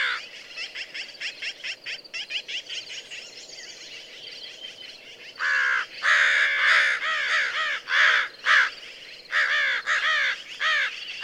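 American crow giving harsh caws, first a quick stuttering run of short notes, then louder drawn-out caws in uneven bursts roughly every second.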